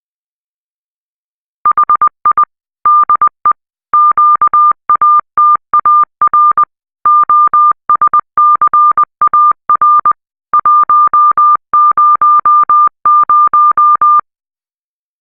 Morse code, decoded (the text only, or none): HI DE QATAR OSCAR 100